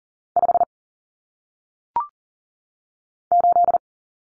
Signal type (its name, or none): Morse code